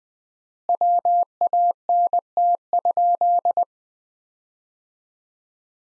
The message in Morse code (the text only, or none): WANT?